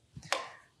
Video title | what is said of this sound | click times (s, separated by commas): Temperzone Econex R32 Inverter Rooftop Packaged Product Walkthrough | snap it in place | 0.3 s